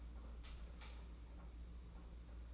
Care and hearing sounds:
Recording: daily activity, microphone in the room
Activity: light off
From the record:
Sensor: 1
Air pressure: 991.9 hPa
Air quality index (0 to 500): 211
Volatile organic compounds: 1000 ppm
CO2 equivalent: 8190 ppm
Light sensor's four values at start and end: 14/40/15/17 and 10/22/9/10

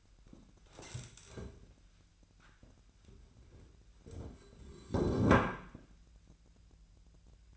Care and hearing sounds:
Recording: daily activity, microphone in the room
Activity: stand up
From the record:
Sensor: 2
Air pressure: 1001.5 hPa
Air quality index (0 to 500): 242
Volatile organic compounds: 76 ppm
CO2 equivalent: 3574 ppm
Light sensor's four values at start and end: 10/23/10/10 and 10/24/10/11

